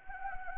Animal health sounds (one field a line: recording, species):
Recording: mosquito wingbeat signal from an infrared sensor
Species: Anopheles gambiae